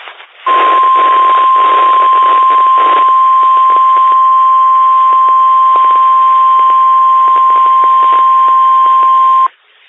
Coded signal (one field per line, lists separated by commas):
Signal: Emergency Alert System (SAME) tones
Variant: 1050 Hz attention tone